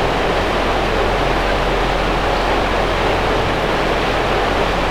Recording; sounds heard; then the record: poultry house recording; no chicken sound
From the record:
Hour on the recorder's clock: 13